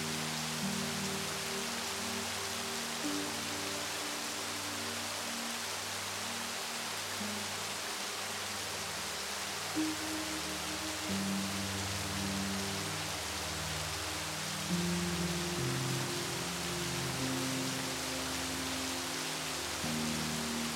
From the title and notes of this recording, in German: Sanfter REGEN und MUSIK. Das sanfte Murmeln des Regens sich mit entspannenden Melodien mischt.